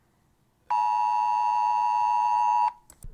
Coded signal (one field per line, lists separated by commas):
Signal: Emergency Alert System (SAME) tones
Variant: 853 and 960 Hz attention tone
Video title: Eas Alarms 13